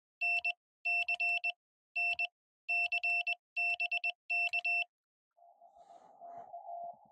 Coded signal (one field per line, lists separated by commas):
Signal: Morse code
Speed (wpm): 20 wpm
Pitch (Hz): 2700 Hz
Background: none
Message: NC N C BK